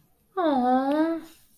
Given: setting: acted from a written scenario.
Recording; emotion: vocal sound without words; relief